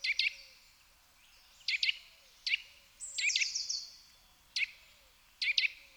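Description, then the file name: Eurasian nuthatch calls, sharp high paired notes repeated at intervals, with a brief higher thin sound in the middle. "Sitta europaea"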